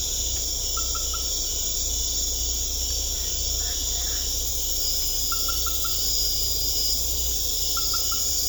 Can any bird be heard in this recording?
no